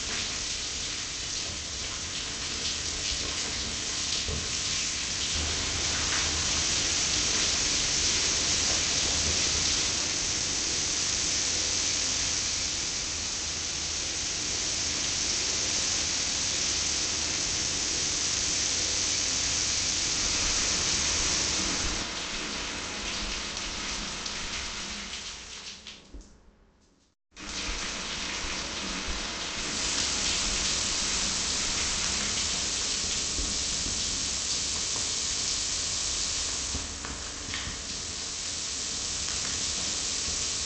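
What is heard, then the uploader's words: A shower runs in a dense, steady hiss of spraying water, dipping and cutting out briefly around twenty-seven seconds before resuming just as strongly. Shower.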